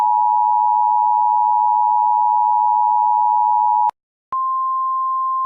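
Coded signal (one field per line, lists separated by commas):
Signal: Emergency Alert System (SAME) tones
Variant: 853 and 960 Hz attention tone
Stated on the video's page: Recreated, computer-made Severe Thunderstorm Warning with synthesized voice.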